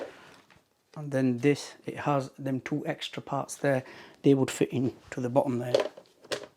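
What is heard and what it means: A plastic roller cover with two tabs is handled near the bottom of the brush head of a Ticwell Whale SW301 cordless vacuum and floor washer, over the roller, while someone talks. A few faint taps are heard, with a sharper one near 6.3 seconds. The cover has not seated or clicked into place yet.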